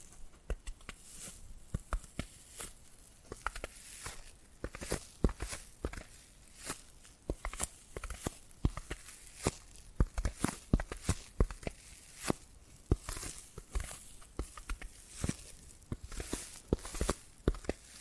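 Tapping and scratching sounds come in quick, uneven bursts, with sharp clicks and taps landing several times a second. Between the taps, a soft scratchy rustle runs on. The pattern stays busy throughout without settling into a steady beat.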